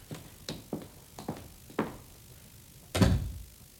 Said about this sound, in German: Was macht sie denn im Chefzimmer? Und wieso macht sie die Tür zu?